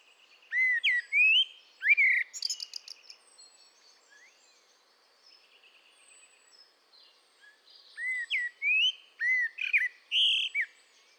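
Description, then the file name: Eurasian blackbird song, bright whistled slurred notes opening each phrase, followed by buzzy high twittering; a second phrase of several clear fluted notes after a quiet gap. "Turdus merula"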